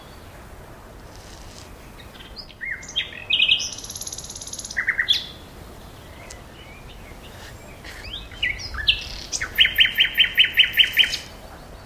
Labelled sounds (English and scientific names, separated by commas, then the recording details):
Common Nightingale (Luscinia megarhynchos) song
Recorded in the wild
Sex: male
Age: adult
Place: Berlin, OT Blankenfelde, Tegeler Fließ, Berlin, DE
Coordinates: 52.6253, 13.3928
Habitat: heath
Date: 1988-04-30 11:00
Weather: sunny, 16-20°C
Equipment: Nagra SN, Kopie Tesla B 116
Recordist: Tembrock, Günter